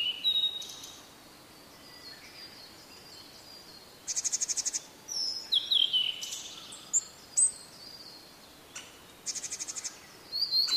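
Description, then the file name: Blue-and-white flycatcher song in several whistled and slurred high phrases, with rapid buzzy trills between them. "oruri"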